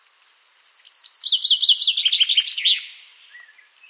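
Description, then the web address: Common chaffinch song: a rapid run of bright notes sliding downward in pitch over about two seconds, ending in a short flourish, then quiet. "Deverinetal"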